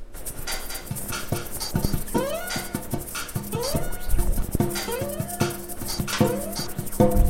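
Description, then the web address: Goats bleating repeatedly, wavering rising cries, with clattering, knocking and shuffling noises throughout. "goats"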